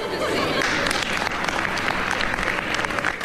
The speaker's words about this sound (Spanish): En la temporada de 1968 está repleta para escuchar música clásica cuando el público prorrumpe espontáneamente en un aplauso entusiasta.